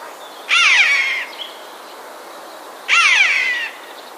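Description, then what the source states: Eurasian jay alarm: two rough, scratchy screeches of under a second each, about two and a half seconds apart, over quiet hiss. Alarm call recorded on 9 March 2016.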